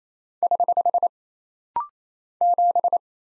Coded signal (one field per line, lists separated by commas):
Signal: Morse code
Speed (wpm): 27 wpm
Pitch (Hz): 700 Hz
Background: none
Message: <HH> 7